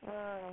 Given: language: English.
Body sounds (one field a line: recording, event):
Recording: throat vibration sensor signal played as sound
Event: speech